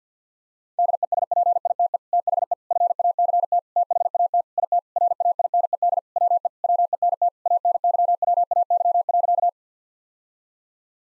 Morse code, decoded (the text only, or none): DESPITE THE FACT THAT IT RAINED WE WENT ANYWAY.